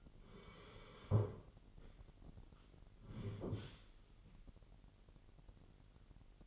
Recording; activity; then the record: daily activity, microphone in the room; sit down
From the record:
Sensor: 4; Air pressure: 999.3 hPa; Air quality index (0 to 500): 112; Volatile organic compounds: 2 ppm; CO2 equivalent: 1114 ppm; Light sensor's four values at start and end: 11/25/10/11 and 11/25/10/11